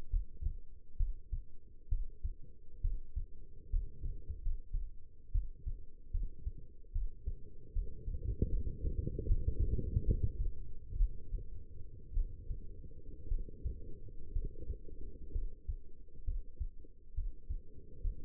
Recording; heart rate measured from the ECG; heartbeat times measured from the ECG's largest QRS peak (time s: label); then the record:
heart sounds by stethoscope; 67 bpm
0.10 s: heartbeat
0.97 s: heartbeat
1.89 s: heartbeat
2.81 s: heartbeat
3.70 s: heartbeat
4.41 s: heartbeat
5.32 s: heartbeat
6.11 s: heartbeat
6.92 s: heartbeat
7.73 s: heartbeat
8.49 s: heartbeat
9.26 s: heartbeat
10.04 s: heartbeat
10.97 s: heartbeat
12.14 s: heartbeat
13.28 s: heartbeat
14.33 s: heartbeat
15.32 s: heartbeat
16.25 s: heartbeat
17.14 s: heartbeat
18.01 s: heartbeat
From the record:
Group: healthy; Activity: rest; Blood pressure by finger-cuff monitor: 139/77 mmHg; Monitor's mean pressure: 97 mmHg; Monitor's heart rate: 67 bpm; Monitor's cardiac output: 6.3 L/min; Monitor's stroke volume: 95 mL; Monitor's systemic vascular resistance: 1190 dyn s/cm5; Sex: female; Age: 22 years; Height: 171 cm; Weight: 65.6 kg